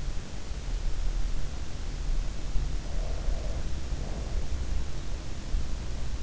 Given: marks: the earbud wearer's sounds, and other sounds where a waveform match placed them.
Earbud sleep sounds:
sounds in sleep by an in-ear microphone; breath
2.81-4.82 s: breath

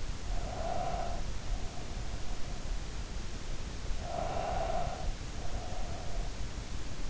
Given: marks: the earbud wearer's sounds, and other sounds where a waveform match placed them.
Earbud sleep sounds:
sounds in sleep by an in-ear microphone; breath
0.00-3.11 s: breath
3.99-6.76 s: breath

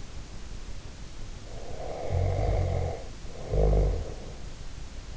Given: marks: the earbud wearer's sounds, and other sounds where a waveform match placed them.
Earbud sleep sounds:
sounds in sleep by an in-ear microphone; snoring breath
1.48-4.54 s: snoring breath

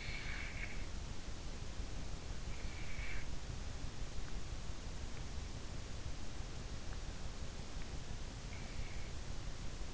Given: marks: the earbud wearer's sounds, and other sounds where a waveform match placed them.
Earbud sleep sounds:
sounds in sleep by an in-ear microphone; snoring breath
0.00-0.93 s: snoring breath

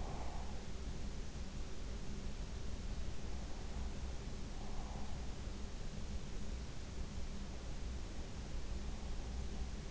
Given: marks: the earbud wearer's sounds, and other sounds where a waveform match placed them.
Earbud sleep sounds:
sounds in sleep by an in-ear microphone; breath
0.00-0.51 s: breath

